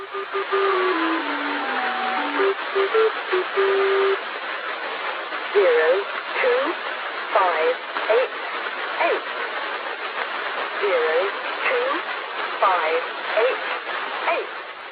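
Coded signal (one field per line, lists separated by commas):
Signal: numbers station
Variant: E03 Lincolnshire Poacher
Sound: a short electronic folk-tune melody, then a voice reading evenly spaced words over static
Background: radio static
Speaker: this is the Lincolnshire Poacher station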